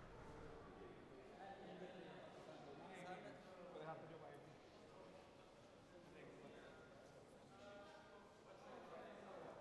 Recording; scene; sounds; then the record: everyday scene through a hearing-aid microphone; reverberant space; background noise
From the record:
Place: railway station hall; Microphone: behind the ear, right, front